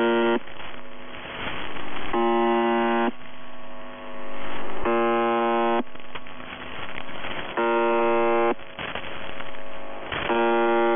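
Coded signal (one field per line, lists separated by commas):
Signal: channel marker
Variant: UVB-76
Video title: [UVB-76, The Buzzer] Voice Message; 19. August 2021, 12:34 UTC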